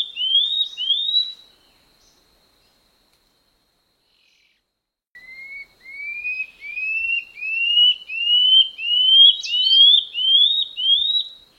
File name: canto do rendadinho